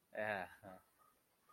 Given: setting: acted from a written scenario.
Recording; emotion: vocal sound without words; pride